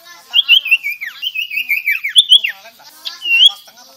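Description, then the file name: Sirtu song: a lively run of clear whistles that rise and fall, looping and wavering in a steady, chattering stream. Gacor (vigorous, continuous singing). "Suara Burung Sirtu Auto Gacor"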